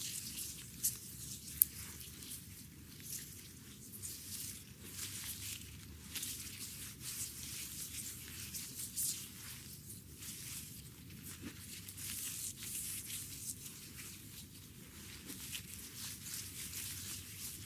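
A foot massage with rose petals, heard as soft, continuous squishing and rubbing that swells and eases in an uneven rhythm. A hiss runs steadily through the high end, and a couple of brief sharp clicks come near the start.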